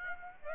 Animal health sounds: mosquito wingbeat signal from an infrared sensor; Aedes aegypti

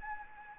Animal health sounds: mosquito wingbeat signal from an infrared sensor; Anopheles gambiae

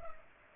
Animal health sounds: mosquito wingbeat signal from an infrared sensor; Culex pipiens

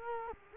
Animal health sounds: mosquito wingbeat signal from an infrared sensor; Culex quinquefasciatus

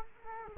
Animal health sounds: mosquito wingbeat signal from an infrared sensor; Culex quinquefasciatus

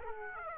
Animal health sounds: mosquito wingbeat signal from an infrared sensor; Aedes aegypti

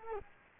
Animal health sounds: mosquito wingbeat signal from an infrared sensor; Culex quinquefasciatus

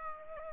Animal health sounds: mosquito wingbeat signal from an infrared sensor; Aedes aegypti

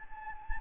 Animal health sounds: mosquito wingbeat signal from an infrared sensor; Anopheles gambiae

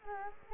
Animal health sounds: mosquito wingbeat signal from an infrared sensor; Culex quinquefasciatus

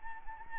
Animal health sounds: mosquito wingbeat signal from an infrared sensor; Anopheles arabiensis

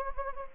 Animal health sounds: mosquito wingbeat signal from an infrared sensor; Anopheles gambiae

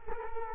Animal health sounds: mosquito wingbeat signal from an infrared sensor; Culex quinquefasciatus

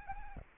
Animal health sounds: mosquito wingbeat signal from an infrared sensor; Anopheles arabiensis

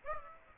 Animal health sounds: mosquito wingbeat signal from an infrared sensor; Aedes aegypti

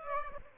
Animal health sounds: mosquito wingbeat signal from an infrared sensor; Aedes aegypti

